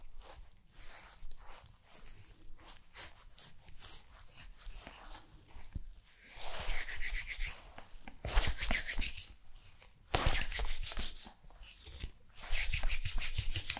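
Fabric is brushed and rubbed against a body in uneven strokes, quiet and scratchy through the first six seconds. From about six seconds the rubbing grows louder and hissier, with bursts near eight, ten and twelve seconds, broken by brief tapping and scraping sounds.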